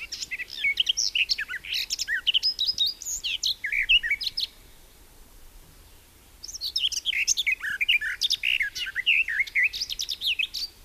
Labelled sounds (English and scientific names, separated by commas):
Garden Warbler (Sylvia borin) song